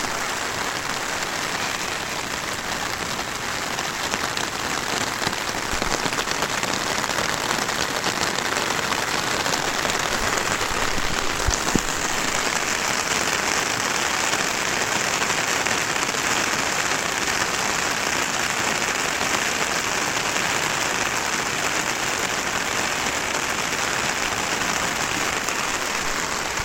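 Rain patters steadily on an umbrella, a dense, even hiss of countless drops with a crisp, bright edge. The texture stays constant for the whole stretch, with a faint low rumble underneath and one slightly louder tap near the middle.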